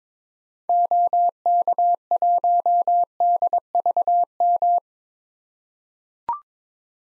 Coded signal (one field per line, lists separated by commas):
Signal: Morse code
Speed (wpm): 21 wpm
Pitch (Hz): 700 Hz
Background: none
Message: OK1DVM